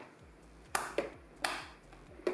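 A RAM memory stick is pressed down into a motherboard DIMM slot until the retention arms snap closed, giving sharp clicks at 0.8 s and 1.5 s, with softer knocks around 1.0 s and 2.3 s. The module is seated in the slot.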